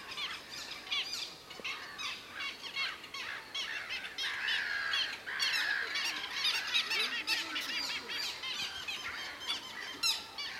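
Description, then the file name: Little gull calls: quick, squeaky notes tumbling over each other in a busy, continuous chatter. "Dmitry Kulakov - Malaya chajka Hydrocoloeus minutus"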